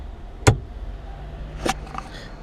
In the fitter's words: So once it pops into place um and secure, you can plug into